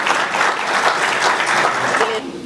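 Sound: audience applause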